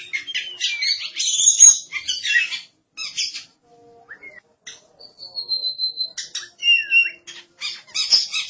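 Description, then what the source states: Oriental magpie-robin song: varied, rich phrases of whistles, rapid chatter and harsh notes, with a pause midway, then long pure whistled notes and more chattering phrases. Oriental magpie-robin song, known locally as kacer.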